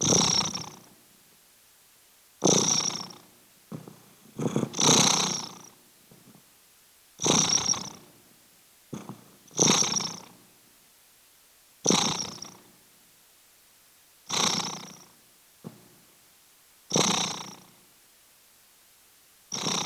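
Spooky the cat purrs in rhythmic rumbling bursts about every two and a half seconds, each followed by a short silent pause.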